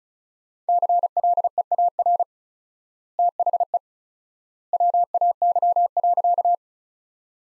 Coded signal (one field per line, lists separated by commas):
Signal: Morse code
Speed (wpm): 36 wpm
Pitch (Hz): 700 Hz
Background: none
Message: CLEAR THE WAY.